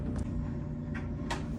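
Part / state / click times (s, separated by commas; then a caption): rubber bump stop cover into coilover top hat / not seated / none. A rubber bump stop cover is being pushed by hand into a BC Racing coilover top hat for a 2022 Corolla APEX. Over a steady low hum, short handling knocks and rubs are heard, the loudest near 1.3 seconds. Nothing has seated or clicked yet.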